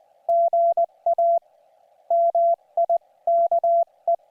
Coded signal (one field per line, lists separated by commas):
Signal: Morse code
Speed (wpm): 20 wpm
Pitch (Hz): 680 Hz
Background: none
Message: GA MIKE